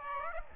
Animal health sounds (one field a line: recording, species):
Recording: mosquito wingbeat signal from an infrared sensor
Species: Aedes aegypti